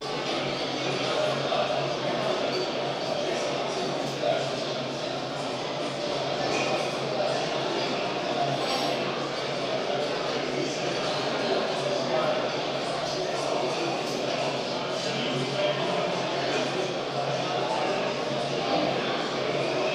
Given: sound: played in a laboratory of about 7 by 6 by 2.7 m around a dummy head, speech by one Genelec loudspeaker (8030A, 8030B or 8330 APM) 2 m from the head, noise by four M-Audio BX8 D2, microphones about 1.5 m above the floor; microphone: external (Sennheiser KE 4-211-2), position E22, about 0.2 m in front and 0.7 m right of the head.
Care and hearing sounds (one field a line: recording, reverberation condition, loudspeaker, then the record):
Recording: cafeteria noise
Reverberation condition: high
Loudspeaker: four, about 170 cm from the corners of the room and facing them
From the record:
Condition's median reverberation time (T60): about 1300 ms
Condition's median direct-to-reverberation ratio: about -4.0 dB